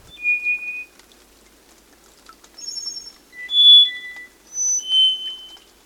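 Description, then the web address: Black-faced Solitaire song: several pure, flute-like sustained whistles at shifting pitches, some high, some lower, separated by pauses. Wet mountain forests of Costa Rica; elusive singer that moves while singing, staying very close to the ground; its song makes its location hard to pinpoint, possibly protecting it from predators such as raptors. "Birdnote. Black faced Solitaire"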